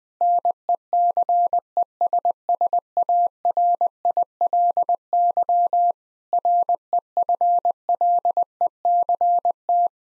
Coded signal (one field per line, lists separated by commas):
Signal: Morse code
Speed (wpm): 20 wpm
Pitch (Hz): 700 Hz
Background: none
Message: NECESSARILY REFLECT